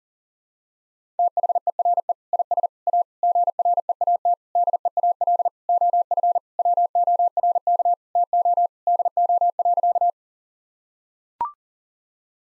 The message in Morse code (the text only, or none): THERE IS A GREAT DEAL OF WORK TO DO.